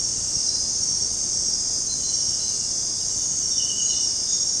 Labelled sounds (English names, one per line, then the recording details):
none
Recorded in dense forest near Puerto Asís, Putumayo, Colombia, on 20 February 2024 at 00:30
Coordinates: 0.503, -76.322
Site G6418